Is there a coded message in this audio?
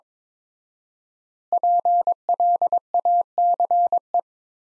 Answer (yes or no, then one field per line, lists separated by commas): yes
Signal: Morse code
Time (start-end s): 1.5-4.2 s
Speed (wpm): 22 wpm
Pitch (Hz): 700 Hz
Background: none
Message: PLACE